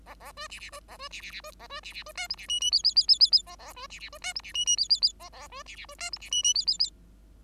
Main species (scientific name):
Lonchura striata domestica